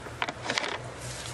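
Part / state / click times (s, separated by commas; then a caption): missile transport-launch container into launcher mount / seated / 0.6 s. An anti-tank missile transport-launch container is set onto the guides of its launcher mount and pushed forward, with a few short knocks and scrapes at about 0.2, 0.3 and 0.5 s. A sharp click at 0.6 s marks the tube seating on the launcher, over a steady low background hum.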